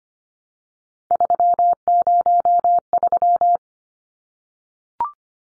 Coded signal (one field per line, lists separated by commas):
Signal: Morse code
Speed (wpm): 25 wpm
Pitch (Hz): 700 Hz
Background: none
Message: 303